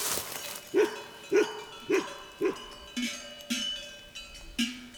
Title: Via del Monte Romito - Mucche al pascolo e cani